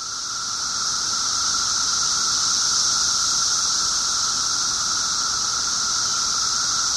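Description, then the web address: Periodical cicada chorus: a steady, unbroken droning whine with a constant mid-pitched tone and a bright hissing band above, with no pauses throughout. 17-year cicadas; recorded 24 June 2007 at 1:30 pm. "cicadas 6 24 07 1 ' 30 pm. 17 yrcicada"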